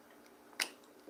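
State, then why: Seated. A cap is pressed back onto a Lacoste Blanc Pure perfume bottle and snaps into place with a sharp click at 0.6 s, just after a faint tick at 0.5 s, leaving the top seated and very secure.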